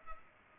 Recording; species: mosquito wingbeat signal from an infrared sensor; Culex pipiens